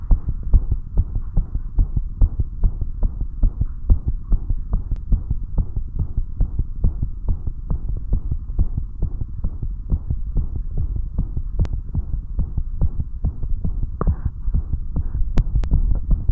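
Fast, steady low heartbeats at about 143 per minute, with a faint whooshing sound filling the gap after each beat: a soft systolic murmur, a gentle noise from turbulent blood flow during each heart contraction.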